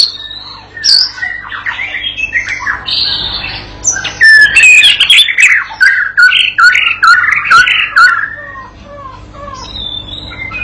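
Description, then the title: White-rumped shama song, a dense, varied mix of whistles, chatters and sharp notes, loudest in the middle. Masteran pancingan: a tutor recording played to a young bird (paud) to get it singing actively (gacor) and answering straight away. "MURAI BATU PAUD BELAJAR GACOR, AJARI DENGAN MASTERAN PANCINGAN INI, PANCING LANGSUNG NYAUT"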